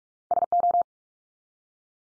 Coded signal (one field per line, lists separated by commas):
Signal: Morse code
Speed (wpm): 44 wpm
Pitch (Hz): 700 Hz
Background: none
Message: SO